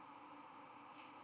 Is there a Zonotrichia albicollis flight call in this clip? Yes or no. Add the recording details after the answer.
no. No flight call is heard. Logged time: 01:49 on 5 November 2014